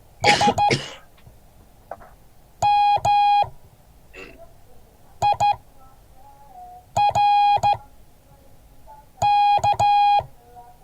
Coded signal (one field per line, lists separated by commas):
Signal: Morse code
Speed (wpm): 14 wpm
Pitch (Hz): 820 Hz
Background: speech, music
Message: SMIRK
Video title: Morse code class 2023-01-11